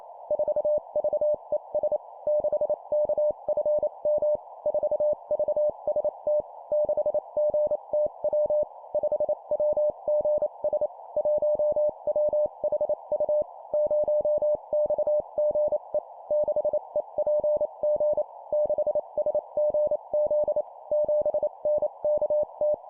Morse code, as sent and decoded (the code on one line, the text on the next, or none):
....- ...- . ... / -.... -.- ..-. -- / ....- ...- ... - / -.... --. - .-- / ..... .-- --. ... / .---- .-- .... ..- / ----- -..- --. . / -.... . .--. --. / -.... ... --. --.. / --... -. -.- -
4VES 6KFM 4VST 6GTW 5WGS 1WHU 0XGE 6EPG 6SGZ 7NKT